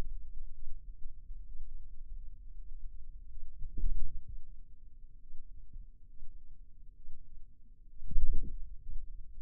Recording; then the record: forearm muscle sounds (acoustic myography)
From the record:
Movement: radial deviation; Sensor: system 2, bracelet of six BSWA MPA416 microphones around the upper forearm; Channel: 5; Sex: male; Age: 22 years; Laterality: right